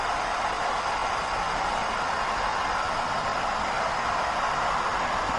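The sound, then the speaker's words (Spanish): A steady, unbroken hiss of white noise spread across the whole range, holding a constant level from start to finish with no voices or other sounds. “¿Quito el ruido blanco?”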